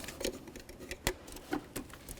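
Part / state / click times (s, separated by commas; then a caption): electrical connector onto a throttle body / seated / 1.1 s. An electrical connector is pushed back onto the throttle body of a 2004–2012 Volvo S40 during an ignition coil replacement, until it latches. A few faint clicks and rattles are followed by a sharp, loud click at 1.1 s as the connector seats, then more small taps and clicks. The connector is confirmed latched in place.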